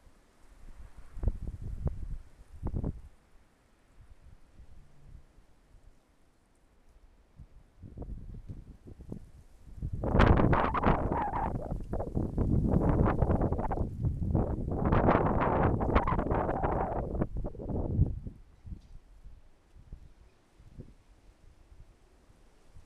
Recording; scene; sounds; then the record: everyday scene through a hearing-aid microphone; wind on the microphone; wind, traffic, birds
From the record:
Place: suburban garden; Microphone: behind the ear, left, rear